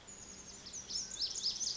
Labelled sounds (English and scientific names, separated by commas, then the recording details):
Lazuli Bunting (Passerina amoena)
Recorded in Sonoma County, California